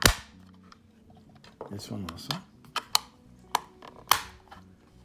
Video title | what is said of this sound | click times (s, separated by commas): Arcade Light Switch Plate Cover 1-Gang Standard Size Rocker Wall Plate Game Rm Faceplate Replacement | put it in here and it snaps into place | 0.1 s